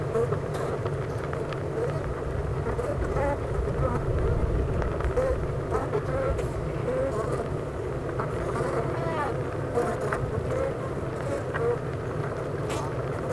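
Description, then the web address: Honey bees buzzing in a hive, a thick continuous drone with faint higher whines drifting through. Honey bee hive at Clara Vale, Gateshead, UK. "impossible-music Honey Bee Hive-Clara Vale,Gateshead,UK"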